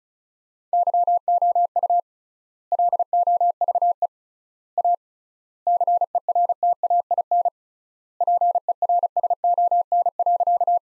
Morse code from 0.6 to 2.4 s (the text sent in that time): YOU